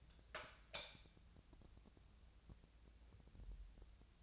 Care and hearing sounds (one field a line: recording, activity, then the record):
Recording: daily activity, microphone in the room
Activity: light on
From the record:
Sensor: 2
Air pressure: 999.8 hPa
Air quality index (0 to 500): 115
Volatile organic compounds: 2 ppm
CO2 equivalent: 995 ppm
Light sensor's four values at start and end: 37/93/39/45 and 42/110/46/51